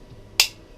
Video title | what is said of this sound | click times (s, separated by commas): How To Clean Sig P250 Magaziness | we go see it snapped back in place | 0.4 s